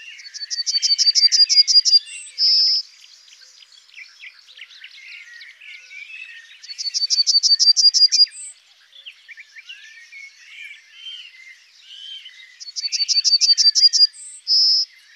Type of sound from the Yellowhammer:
song